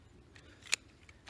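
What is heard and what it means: A folding saw blade is pushed closed into its handle after the lock button is pressed down. A loud, sharp click at 0.7 s marks the blade snapping shut and seating in the handle, with a few faint ticks around it.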